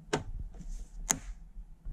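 A pre-set torque adapter's clutch drives a terminal screw in a fuse board and clicks at its torque rating. The click comes at 1.1 s as a very short, bright, broadband snap. Softer knocks and taps are heard around it at about 0.1 s and 1.9 s, and the result confirms that the adapter clicks at its set torque.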